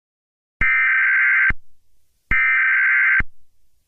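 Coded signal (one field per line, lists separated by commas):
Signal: Emergency Alert System (SAME) tones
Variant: header bursts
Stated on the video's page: Simulated alert that does not contain valid EAS-SAME tones.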